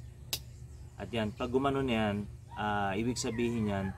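A snap-on LPG regulator is pushed down onto a gas cylinder's tank valve and clicks sharply at 0.3 s as it locks in place. Someone then talks over the rest of the clip. The click means the regulator is safely and properly attached.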